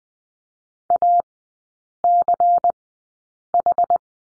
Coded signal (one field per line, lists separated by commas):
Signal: Morse code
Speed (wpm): 20 wpm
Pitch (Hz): 700 Hz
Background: none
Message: ACH